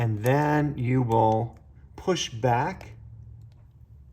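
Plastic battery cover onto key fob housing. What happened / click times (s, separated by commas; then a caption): The cover is being handled but has not snapped home yet / none. A plastic battery cover is being aligned and pushed back onto the housing of a Fisker Ocean One key fob while someone talks. Only speech and faint handling noise are heard, with a tiny tick near 3.5 s. Nothing has seated or clicked yet.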